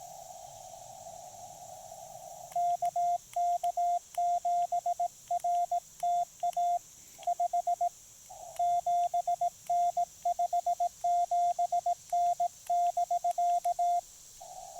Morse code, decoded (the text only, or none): KK7RTA 57N 57N <BK>